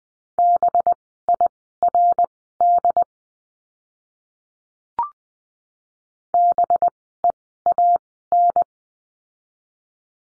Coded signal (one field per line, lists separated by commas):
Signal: Morse code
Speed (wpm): 20 wpm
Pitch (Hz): 700 Hz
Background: none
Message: BIRD BEAN